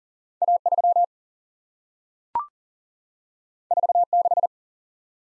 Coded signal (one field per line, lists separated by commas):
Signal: Morse code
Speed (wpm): 38 wpm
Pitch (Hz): 700 Hz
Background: none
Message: A 3 4 6